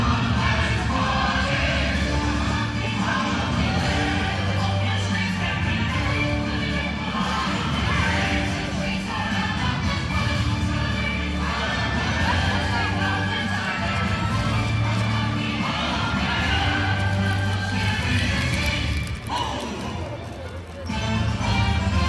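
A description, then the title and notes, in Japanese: A parade is going on, filling the clip with a dense, steady wash of crowd noise, voices and occasional shouts. Strong low tones pulse underneath throughout, like drums or band music. Near the twentieth second the sound briefly dips before swelling back. パレードやってる！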